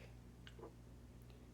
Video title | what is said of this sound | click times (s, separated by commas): How to make Yarn Cakes for Tufting/ Crochet Using a Wool Winder | it'll click in place that tells you it's ready to wait to be used | 0.5 s